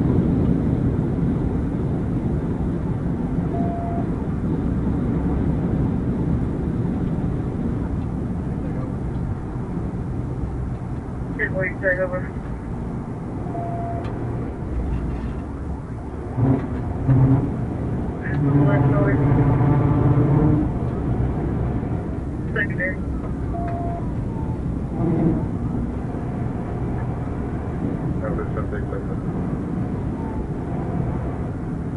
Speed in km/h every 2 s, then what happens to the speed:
204, 204, 204, 184, 167, 164, 167, 151, 164, 169, 177, 169, 172, 175, 179, 180.
4-14 brakes to 151. 14-29 speeds up to 180.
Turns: none.